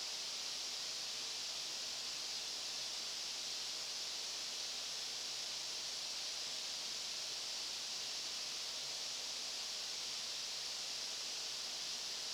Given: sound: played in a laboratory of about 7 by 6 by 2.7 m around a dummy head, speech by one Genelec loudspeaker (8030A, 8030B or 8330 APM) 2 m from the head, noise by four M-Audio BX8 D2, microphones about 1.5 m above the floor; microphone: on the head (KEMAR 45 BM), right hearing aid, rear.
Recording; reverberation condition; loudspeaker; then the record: white noise; high; four, about 170 cm from the corners of the room and facing them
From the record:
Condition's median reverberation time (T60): about 1300 ms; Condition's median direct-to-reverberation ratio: about -4.0 dB